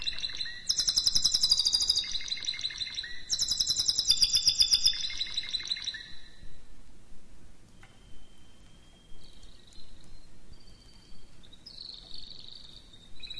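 Canary song: two bursts of dense high trilling, then quieter sparse whistled notes with pauses.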